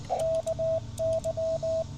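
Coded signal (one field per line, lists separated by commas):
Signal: Morse code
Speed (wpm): 20 wpm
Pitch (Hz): 650 Hz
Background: radio noise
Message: KY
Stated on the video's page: Park activation CW from Henry Horton State Park, Tennessee, on a Yaesu FT-817 with 300 Hz filter and CHA SS25 antenna.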